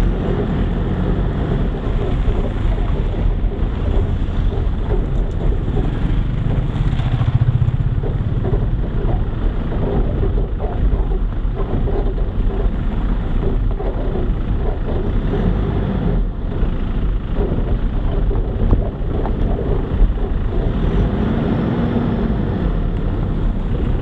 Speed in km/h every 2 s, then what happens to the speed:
13, 13, 13, 13, 11, 11, 14, 17, 17, 17, 18, 16.
0-10 steady at about 13. 10-19 speeds up to 18.